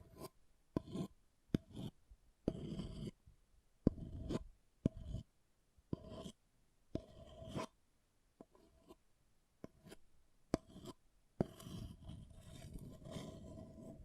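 An object scratches and rasps against a surface in short bursts separated by silences, with sharp clicks marking several starts and stops. The strokes are gritty and mostly low, each lasting under a second, until a longer continuous scraping stretch fills the last few seconds.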